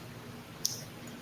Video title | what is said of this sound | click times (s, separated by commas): The Good Knife Talk (June 27 2025) | same blade. Little click there. | 0.6 s